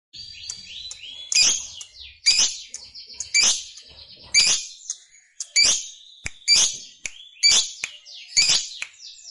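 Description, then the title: Lovebird giving loud bursts of sharp, squeaky chirps roughly once a second, with softer twittering and thin whistled notes between the bursts. Fighter-type lovebird singing energetically (gacor). "SUARA Lovebird FIGHTER GACOR"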